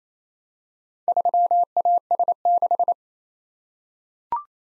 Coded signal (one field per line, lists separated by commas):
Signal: Morse code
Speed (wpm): 27 wpm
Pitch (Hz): 700 Hz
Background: none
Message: 3AS6